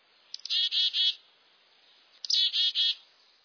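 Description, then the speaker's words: Black-capped Chickadee calling: a short sharp chip then buzzy, harsh dee notes in two series about two seconds apart, on a quiet background. A call, described as snappy and quite unlike the species' song. "Let's listen again to the black-capped chickadee."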